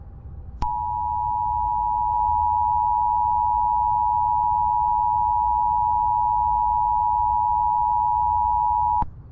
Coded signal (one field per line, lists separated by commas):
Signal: Emergency Alert System (SAME) tones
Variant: 853 and 960 Hz attention tone